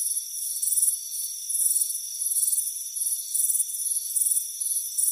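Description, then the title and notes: Cricket chirping: high, pulsing trills swelling and fading in bursts under a second apart, above a constant shrill tone. Warm afternoon, relaxing in a hammock on a front porch. "Soothing Crickets Chirping Sound. It's a warm afternoon as you relax in a hammock on the front porch. Relax and fall asleep to the soothing sound of chirping crickets. Deep Sleep Sounds"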